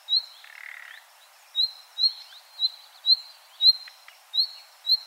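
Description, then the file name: Common nightingale whistling a rising note, then a burst of dry rattle, then the rising whistle repeated about every half second. "Luscinia megarhynchos"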